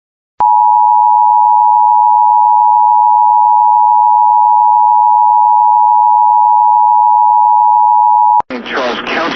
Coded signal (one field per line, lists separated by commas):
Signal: Emergency Alert System (SAME) tones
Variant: 853 and 960 Hz attention tone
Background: speech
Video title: TOR (EAS 92) (8 more EAS videos before the 💯 EAS)